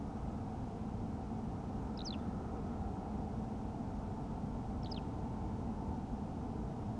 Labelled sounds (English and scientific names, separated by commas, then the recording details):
Eurasian Skylark (Alauda arvensis)
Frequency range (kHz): Eurasian Skylark (Alauda arvensis) 2.5-6.6 kHz
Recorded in France